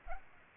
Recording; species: mosquito wingbeat signal from an infrared sensor; Aedes aegypti